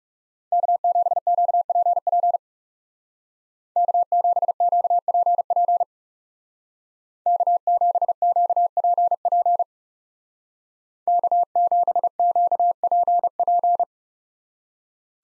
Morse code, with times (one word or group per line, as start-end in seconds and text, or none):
0.5-2.4 K7QPP
3.8-5.8 K7QPP
7.3-9.6 K7QPP
11.1-13.8 K7QPP